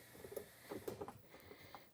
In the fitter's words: and then sometimes this snaps when you turn it tight there you go you hear the snap